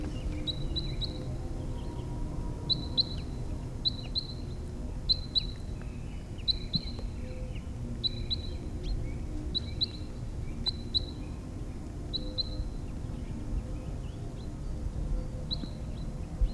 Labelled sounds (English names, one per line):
Red Crossbill